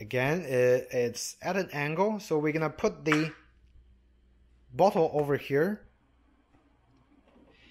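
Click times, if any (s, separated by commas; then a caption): none. A plastic carbonation bottle is set at an angle on a soda maker head and lined up before being turned to lock, while someone talks. Only speech and faint handling noise are heard, and the bottle has not yet locked or clicked into place.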